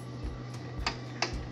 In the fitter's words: clicks now I can